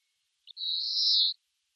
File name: Chloris chloris